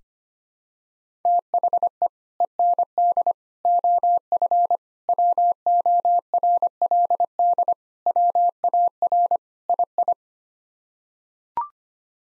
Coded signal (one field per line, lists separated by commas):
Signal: Morse code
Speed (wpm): 25 wpm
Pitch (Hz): 700 Hz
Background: none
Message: THE END OF WORLD WAR II